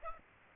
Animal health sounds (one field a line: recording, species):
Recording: mosquito wingbeat signal from an infrared sensor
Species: Aedes aegypti